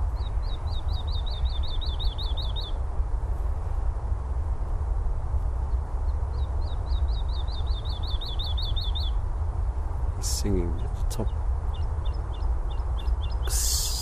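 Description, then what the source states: Woodlark song: two quick rippling trills of repeated liquid notes, then brief clicks and rustling, all over a constant traffic rumble. Male woodlark singing from the top of a birch on Oystershell Hill, Chobham Common heathland, Surrey, in spring; song varies each time: faster, slower, slow with notes between, trills, short phrases; traffic noise.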